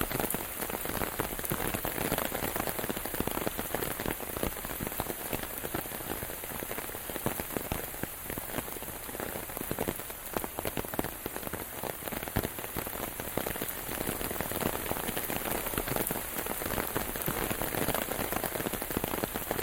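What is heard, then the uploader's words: Rain falls steadily and densely, a bright patter of countless drops striking a surface with no break across the whole stretch. Individual sharper taps stand out now and then within the constant hiss, which stays even in loudness throughout. Walk in the Rain.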